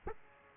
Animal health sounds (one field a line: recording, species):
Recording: mosquito wingbeat signal from an infrared sensor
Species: Aedes aegypti